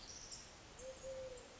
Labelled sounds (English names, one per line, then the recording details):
Eurasian Collared Dove
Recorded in Sonoma County, California